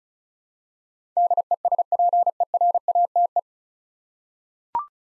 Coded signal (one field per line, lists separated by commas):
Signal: Morse code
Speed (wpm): 36 wpm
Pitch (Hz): 700 Hz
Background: none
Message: DESPERATE